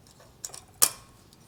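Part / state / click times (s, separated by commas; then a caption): metal brake pad clip into caliper bracket / seated / 0.8 s. A new metal brake pad abutment (slide) clip is pressed into the front caliper bracket of a 2021 Ram 2500. Two light ticks at about 0.5 s and 0.6 s lead into a sharp, bright metallic snap at 0.8 s as the clip seats fully in the bracket.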